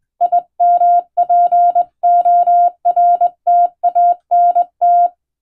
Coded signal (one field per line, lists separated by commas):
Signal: Morse code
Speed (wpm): 21 wpm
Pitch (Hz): 700 Hz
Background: none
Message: IMPORTANT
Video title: 【無線通信士が手打ちで打つ懐かしいモールス符号】昭和はラジオでよく聞こえました。船と陸とを繋ぐ唯一の通信手段でした。アマチュア無線の受信トレーニングにどうぞ morse code practice